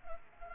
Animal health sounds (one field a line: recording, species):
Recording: mosquito wingbeat signal from an infrared sensor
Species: Culex pipiens